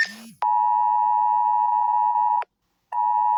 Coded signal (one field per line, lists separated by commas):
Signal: Emergency Alert System (SAME) tones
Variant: 853 and 960 Hz attention tone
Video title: Wednesday November 12 Emergency Alert System 9:30 PM